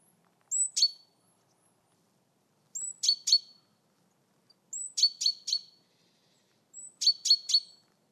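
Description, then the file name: Great tit calling: a thin, high, slurred note followed by two or three harsh, buzzy ticking notes, repeated in four bursts about two seconds apart, with a quiet background. "Parus major"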